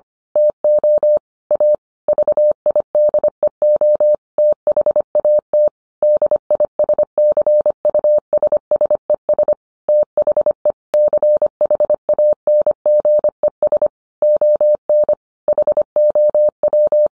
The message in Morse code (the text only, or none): TO A VIDEO THAT DISCUSSES THE CHANGES ON HOW